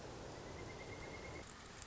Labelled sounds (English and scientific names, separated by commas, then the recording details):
Pileated Woodpecker (Dryocopus pileatus)
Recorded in Sonoma County, California